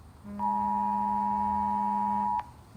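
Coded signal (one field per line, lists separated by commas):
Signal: Emergency Alert System (SAME) tones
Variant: 853 and 960 Hz attention tone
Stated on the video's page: Fictional EAS scenario, an original creation, not a real alert.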